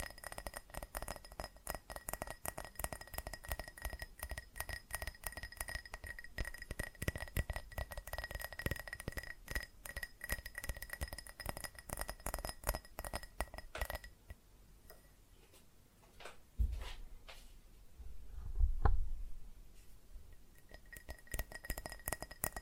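Rapid tapping on glass and ceramic objects makes a dense stream of bright clinks, with faint ringing tones sustained underneath. After about 14 seconds the tapping thins to scattered knocks, with a couple of heavier dull thuds near 17 and 19 seconds.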